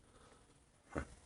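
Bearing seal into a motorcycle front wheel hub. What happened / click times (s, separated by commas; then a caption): The seal snapped into its groove / 1.0 s. A rubber-and-steel bearing seal is pressed by hand into a motorcycle front wheel hub on a Harley being changed from a big axle to a skinny one. After low background noise, a short, sharp snap at 0.98 s marks the seal popping into its groove and seating.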